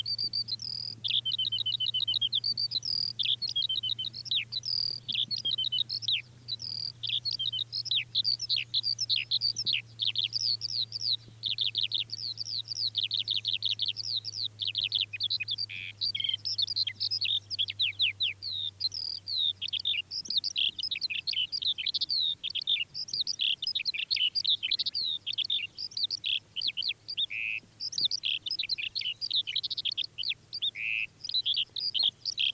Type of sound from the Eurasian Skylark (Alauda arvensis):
song